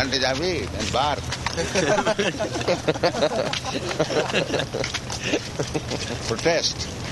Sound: laughter

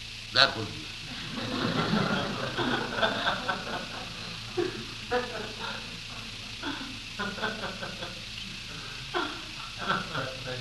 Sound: laughter

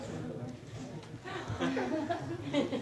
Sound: laughter

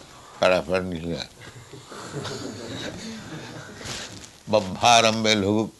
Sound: laughs

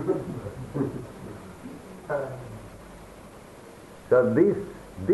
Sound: chuckles

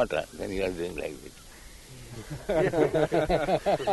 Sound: laughter

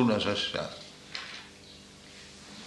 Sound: flipping pages

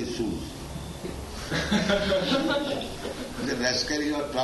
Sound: laughter

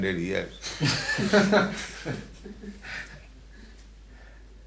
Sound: laughter

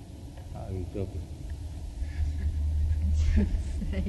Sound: laughter

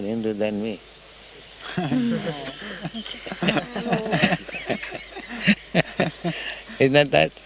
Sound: laughter

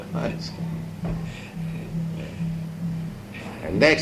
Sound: laughs

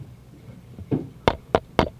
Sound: taps microphone

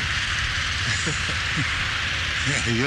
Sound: laughter

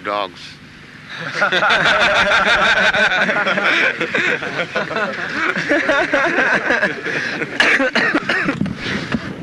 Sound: laughter

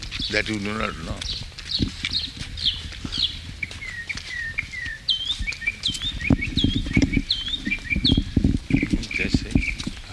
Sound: sounds of bird singing

